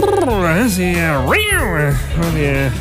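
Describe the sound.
A person imitates a cat with drawn-out, wavering meow-like vocal sounds, the pitch sliding up and down twice in a rising, whiny arc, fairly loud and continuous.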